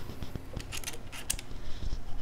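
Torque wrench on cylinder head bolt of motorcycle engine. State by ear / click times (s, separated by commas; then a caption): torque reached / 1.3 s. A torque wrench tightens a cylinder head bolt on a Harley-Davidson Sportster/Buell motorcycle engine while the squish clearance is being checked. Soft scraping and a few light ticks lead up to a sharp, crisp click at 1.3 s, followed by quieter handling noise. The wrench clicks at its torque setting.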